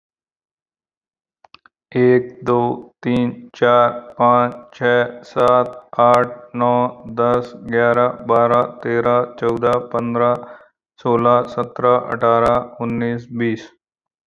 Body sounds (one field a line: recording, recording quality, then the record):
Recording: counting at a normal pace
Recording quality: excellent, no background noise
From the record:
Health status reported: exposed to COVID-19, no respiratory illness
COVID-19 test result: negative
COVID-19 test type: RT-PCR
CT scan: taken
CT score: 5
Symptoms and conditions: none ticked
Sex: male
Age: 36 years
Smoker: yes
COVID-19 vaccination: one dose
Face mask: not worn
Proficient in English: yes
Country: India